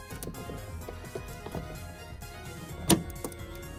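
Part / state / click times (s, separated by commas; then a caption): LED side marker lamp into bumper cover opening / seated / 2.9 s. An LED side marker lamp housing for a 2010-2014 Mustang is tilted in from the back to the front and pressed into its opening in the plastic bumper cover, with music playing underneath. Its retaining clip snaps home with a sharp, loud click at 2.9 s, followed by a few fainter taps, and the lamp is seated.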